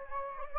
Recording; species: mosquito wingbeat signal from an infrared sensor; Anopheles gambiae